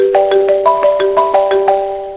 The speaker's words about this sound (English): Remember, if you hear a ringing phone like this,